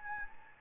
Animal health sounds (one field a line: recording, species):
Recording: mosquito wingbeat signal from an infrared sensor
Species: Anopheles gambiae